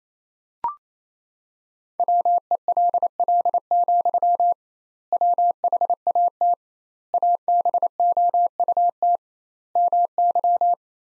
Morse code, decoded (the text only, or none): WELL, WHAT ABOUT MY